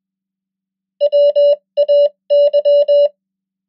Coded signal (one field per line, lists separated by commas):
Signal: Morse code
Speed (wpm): 21 wpm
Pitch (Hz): 580 Hz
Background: none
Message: WAY